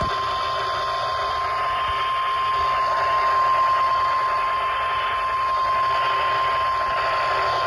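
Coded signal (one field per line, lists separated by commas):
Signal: Emergency Alert System (SAME) tones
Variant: 1050 Hz attention tone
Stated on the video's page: Real Oklahoma tornado watch EAS alert.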